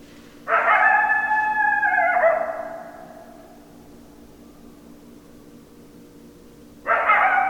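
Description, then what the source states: Coyote howl, a long harmonic note that wavers and breaks before fading, followed after a quiet gap by another howl starting. Recorded 10 December 2012; coyotes, plural.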